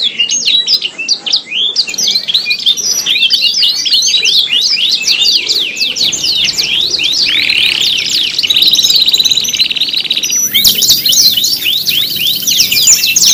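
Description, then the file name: Canary song with rapid chattering chirps and slurred high notes, breaking midway into a sustained buzzy trill before resuming quick varied phrases. Canary contest simulation recording, with tutor-style fill-in (isian) songs mixed in. "audio-simulasi-lomba-kenari-isian 3-omkicau"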